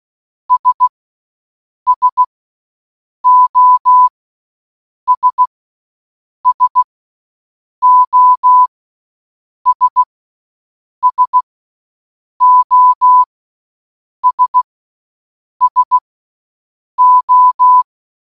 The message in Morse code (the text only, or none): S SOS SOS SOS SO